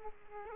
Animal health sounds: mosquito wingbeat signal from an infrared sensor; Aedes aegypti

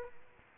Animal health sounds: mosquito wingbeat signal from an infrared sensor; Aedes aegypti

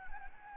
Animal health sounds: mosquito wingbeat signal from an infrared sensor; Anopheles gambiae

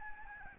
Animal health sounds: mosquito wingbeat signal from an infrared sensor; Aedes albopictus

